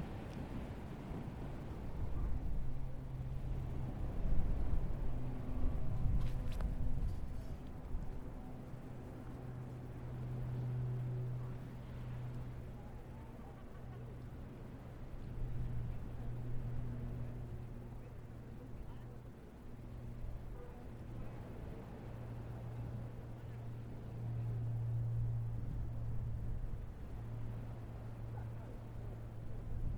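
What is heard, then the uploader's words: A steady, low engine-like hum drones through this recording from Asbury Park Beach, swelling a little around five seconds and again near twenty-five. A few sharp clicks cut in near six to seven seconds, with faint murmuring voices underneath. Asbury Park Beach.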